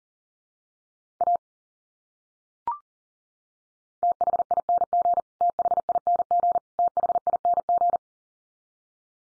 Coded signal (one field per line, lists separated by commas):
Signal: Morse code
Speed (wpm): 40 wpm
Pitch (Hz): 700 Hz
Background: none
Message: A THING THING THING